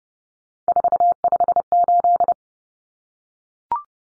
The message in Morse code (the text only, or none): 458